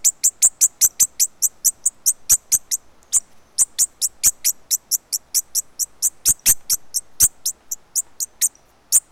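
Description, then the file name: Bird calls, sharp high ticking notes repeated rapidly in a long series with a few short pauses, with faint background hiss. "SABIOD 50 bird 2015"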